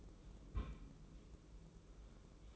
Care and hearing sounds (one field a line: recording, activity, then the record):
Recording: daily activity, microphone in the room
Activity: place on stove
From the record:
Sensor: 1